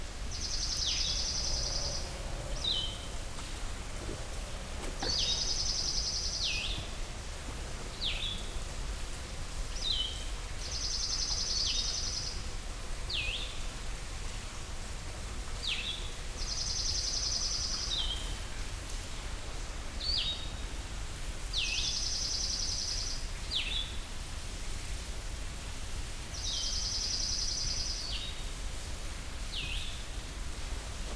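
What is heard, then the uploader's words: Water runs off a rock face in a thin sheet, a steady, even rush with a low rumble underneath. Over it a bird repeats a high, buzzy call about every five seconds, each followed by a short falling chirp. Hector Falls, Part 2 (Blue-headed Vireo). I’ve made it to Hector’s Falls - it’s not a very tall waterfall but it is very compelling to look at. The water flows off of a rectangular-shaped rock face, forming a thin silk-sheet like stream of water. Recorded, engineered, narrated and created by Rob Porter.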